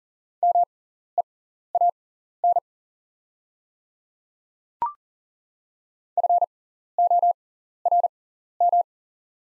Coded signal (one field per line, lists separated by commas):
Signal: Morse code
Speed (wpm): 40 wpm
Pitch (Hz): 700 Hz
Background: none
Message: MEAN FORM